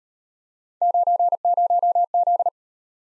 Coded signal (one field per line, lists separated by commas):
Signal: Morse code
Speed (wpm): 38 wpm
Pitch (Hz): 700 Hz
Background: none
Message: 90Z